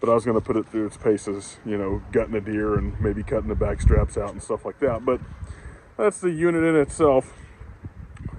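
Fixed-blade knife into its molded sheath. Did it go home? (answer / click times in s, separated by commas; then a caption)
partly / 8.2 s. A fixed-blade knife, an Armory Replicas clone of the Cold Steel SRK, is pushed into its molded plastic sheath while someone talks. A faint click comes at 8.2 s. The retention catches only weakly and does not lock in very well, so the sheath is to be heated so the knife snaps in more firmly.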